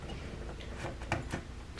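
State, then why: Seated. Two RAM sticks are pushed into motherboard DIMM slots while one hand stays on the case to avoid static problems. Soft handling noises come first, then a sharp plastic click at 1.1 s as the memory locks into place, seated.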